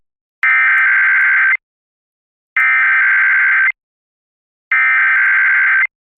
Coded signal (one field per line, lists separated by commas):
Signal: Emergency Alert System (SAME) tones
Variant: header bursts